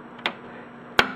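A second ARX expansion board is pushed down firmly into the expansion slot of a Fantom G synthesizer. A faint tap is heard at 0.3 s, then a sharp, small click at 1.0 s as the plastic clip locks. The board is seated.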